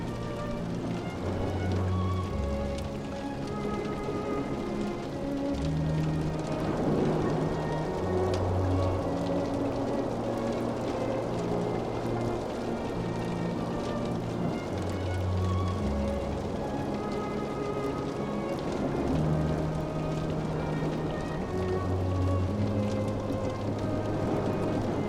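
The ocean surges in a steady, dense rush, like heavy rain, holding an even level throughout. Beneath it, deep sustained string notes shift every second or two in a slow melodic line, with fainter higher held tones drifting above.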